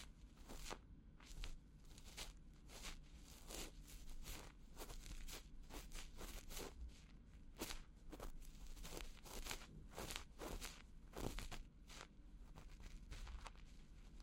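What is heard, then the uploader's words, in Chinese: An ear massage with fingers working at the ear, rubbing and poking in dense, crackling strokes. Sharp scratchy bursts arrive every fraction of a second without a steady rhythm, over a constant low muffled rumble that runs through all fourteen seconds. 手指掏耳．梵天．凡士林按摩 | EarMassage | NO Talking。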